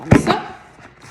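A plastic lid is being handled and pressed down onto a multicooker's cooking insert, and someone talks briefly. The lid has not clipped shut or seated yet by the end.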